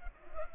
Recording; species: mosquito wingbeat signal from an infrared sensor; Culex pipiens